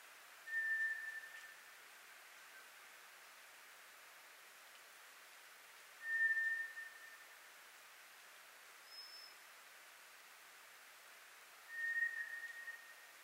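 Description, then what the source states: White's thrush song: three long, thin, steady whistles, each around a second, spaced about five seconds apart, with a faint higher whistle between them. Recorded 24 April 2010.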